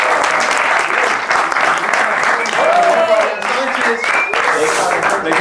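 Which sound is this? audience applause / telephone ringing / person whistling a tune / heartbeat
audience applause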